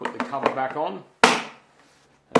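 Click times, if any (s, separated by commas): 1.2 s, 2.4 s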